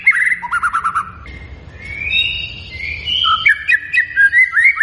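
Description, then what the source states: White-rumped shama: songbird singing rich whistled phrases, a short quiet hiss-filled gap with a rising whistle, then quick clear warbled notes. Vigorously singing bird; lure recording meant to make other birds respond.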